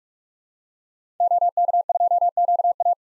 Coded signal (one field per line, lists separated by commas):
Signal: Morse code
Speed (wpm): 42 wpm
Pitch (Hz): 700 Hz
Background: none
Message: OK2QA